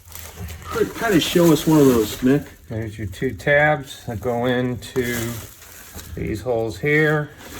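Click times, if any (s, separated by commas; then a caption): none. A worker handles a Unico small-duct HVAC twist-fit coupling, lining up its two tabs with the holes in its mating fitting, while someone talks throughout. A brief sharp sound comes at about 0.2 s, but the coupling has not been twisted home, and nothing has seated or clicked yet.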